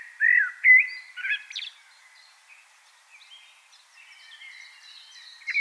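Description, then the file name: Common blackbird singing a short mellow warbled phrase that rises and falls, ending in thin high squeaks, then quiet until a new phrase starts at the end. "Turdus merula"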